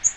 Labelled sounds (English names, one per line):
Magnolia Warbler flight call